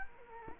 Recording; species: mosquito wingbeat signal from an infrared sensor; Culex quinquefasciatus